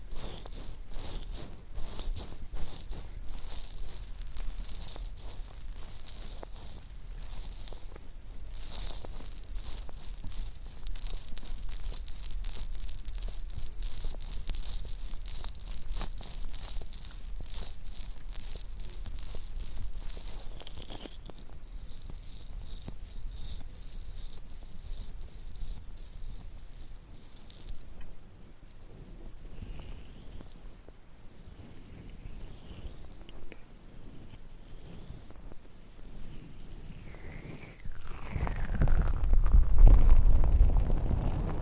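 A stainless ear pick scrapes and rubs in a steady stream of fine, dense scratching with a bright whistly edge for the first twenty seconds. After that the scraping thins into softer, sparser rustles, and near the end a low rumbling thump swells up loudly.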